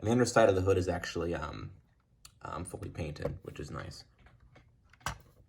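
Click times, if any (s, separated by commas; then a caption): 5.1 s. Someone talks, then closes the front luggage hood of a 1/18 diecast metal Bburago 1955 Volkswagen Beetle model, pressing it down until its latch engages. A few faint clicks come just before a sharp click at 5.1 s as the hood latches shut into the body.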